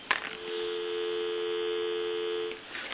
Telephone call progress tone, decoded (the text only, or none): dial tone